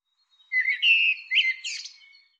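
Bird uttering a single continuous phrase: a steady whistled note, then a quick rising slur ending in a higher, scratchy flourish.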